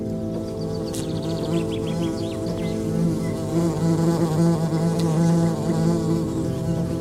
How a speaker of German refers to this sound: Die Wespe, die sich der Herr gerade mit seinem Stock vom Leib gehalten hat, gesellt sich zu einem Wespenpulk, der gerade eine Feige unter dem Feigenbaum zerfleischt.